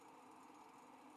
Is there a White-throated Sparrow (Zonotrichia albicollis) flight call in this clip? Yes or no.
no